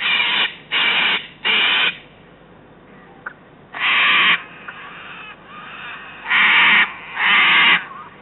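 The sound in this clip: Cockatoo giving loud, grating screeches: a quick run of three, a lone call after a pause, then two more close together.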